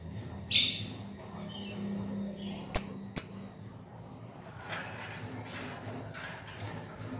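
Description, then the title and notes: Lovebird chirps: a few sharp, high squeaky notes spaced apart, with quiet gaps and a faint low hum underneath. Lovebird ngekek song, used as a lure song (kicau pancingan). "Master Kicau Lovebird ngekek, kicau pancingan"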